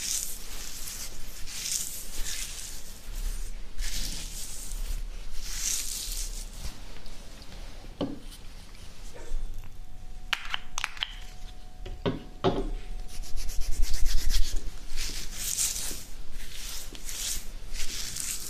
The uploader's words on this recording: ASMR INSANE BEARD SCRATCHING.